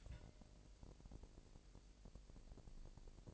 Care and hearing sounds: daily activity, microphone in the room; take from stove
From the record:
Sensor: 5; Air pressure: 1002.1 hPa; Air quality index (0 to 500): 249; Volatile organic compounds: 9 ppm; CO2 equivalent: 2161 ppm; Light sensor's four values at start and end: 22/48/21/23 and 22/48/21/23

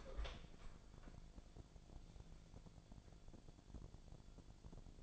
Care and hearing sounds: daily activity, microphone in the room; open door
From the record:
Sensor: 5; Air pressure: 1000.5 hPa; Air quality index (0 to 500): 156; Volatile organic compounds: 2 ppm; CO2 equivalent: 1199 ppm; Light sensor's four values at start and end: 50/116/48/52 and 49/116/48/52

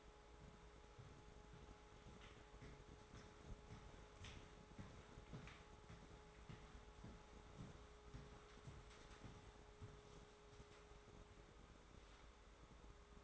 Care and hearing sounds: daily activity, microphone in the room; walk to room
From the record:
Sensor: 3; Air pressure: 1010.4 hPa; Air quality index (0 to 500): 167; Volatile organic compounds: 9 ppm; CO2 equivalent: 2181 ppm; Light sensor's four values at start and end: 42/105/46/51 and 40/99/44/49

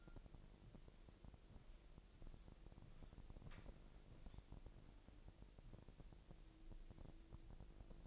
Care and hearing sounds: daily activity, microphone in the room; walk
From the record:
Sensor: 5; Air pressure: 1002.1 hPa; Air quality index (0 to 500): 245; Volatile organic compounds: 29 ppm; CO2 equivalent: 2940 ppm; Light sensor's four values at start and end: 34/82/34/37 and 35/82/34/37

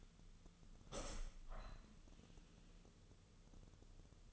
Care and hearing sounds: daily activity, microphone in the room; open window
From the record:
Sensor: 4

